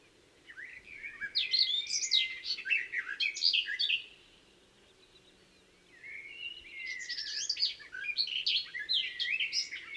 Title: La Fauvette des jardins